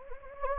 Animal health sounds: mosquito wingbeat signal from an infrared sensor; Anopheles gambiae

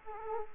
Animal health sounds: mosquito wingbeat signal from an infrared sensor; Culex quinquefasciatus

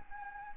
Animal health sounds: mosquito wingbeat signal from an infrared sensor; Anopheles arabiensis

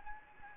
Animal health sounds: mosquito wingbeat signal from an infrared sensor; Anopheles gambiae

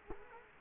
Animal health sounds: mosquito wingbeat signal from an infrared sensor; Culex quinquefasciatus

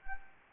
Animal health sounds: mosquito wingbeat signal from an infrared sensor; Anopheles arabiensis

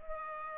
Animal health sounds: mosquito wingbeat signal from an infrared sensor; Culex pipiens

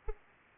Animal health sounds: mosquito wingbeat signal from an infrared sensor; Aedes aegypti

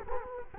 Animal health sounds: mosquito wingbeat signal from an infrared sensor; Culex quinquefasciatus

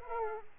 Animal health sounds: mosquito wingbeat signal from an infrared sensor; Aedes aegypti

